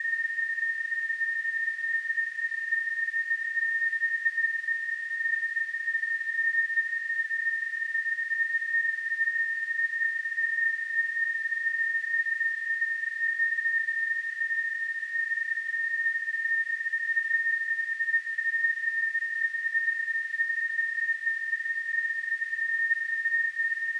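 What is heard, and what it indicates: A single steady high-pitched pure tone, a little below 2 kHz, holds unchanged for the full 24 seconds with no pulsing or breaks. It is a simulated tinnitus sound: a constant tonal ringing like that heard in the ears by people with tinnitus.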